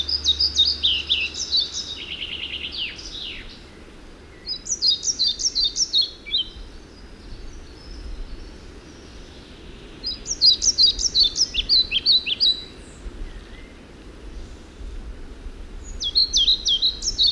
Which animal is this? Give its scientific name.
Ficedula hypoleuca